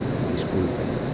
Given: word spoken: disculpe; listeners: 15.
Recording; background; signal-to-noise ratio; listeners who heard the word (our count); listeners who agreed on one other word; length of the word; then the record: one Spanish word in noise, from a listening test; speech-shaped noise; -4.0 dB; 4 of 15; 9 of 15; 0.74 s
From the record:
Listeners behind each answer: 9, 4, 1, 1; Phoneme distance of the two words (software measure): 10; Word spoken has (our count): 3 syllables, 8 phonemes, stress on syllable 2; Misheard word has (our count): 3 syllables, 8 phonemes, stress on syllable 2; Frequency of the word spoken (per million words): 2.20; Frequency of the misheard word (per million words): 5.13